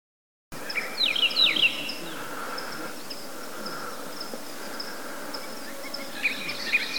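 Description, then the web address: Hume's wheatear, two brief phrases of quick chattering, whistled notes separated by about five seconds, with constant insect buzzing behind. "sound Hume's-wheatear. صدای-پرنده-چکچک-شکم-سفید"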